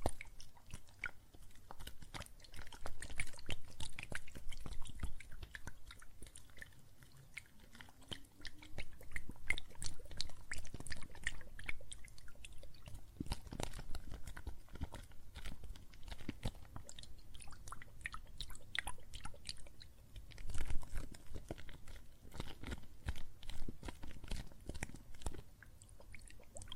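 Soap foam and water crackle and fizz in a dense, continuous stream of tiny pops and clicks, much like crunching or chewing. The level swells and dips throughout, with a sharper burst around twenty seconds, over a soft low rumble.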